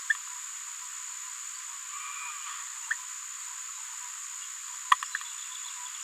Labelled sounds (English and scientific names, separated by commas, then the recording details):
Green-rumped Parrotlet (Forpus passerinus) babbling
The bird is a female
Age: 27 days
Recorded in a nest box in Venezuela
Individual 17B73B2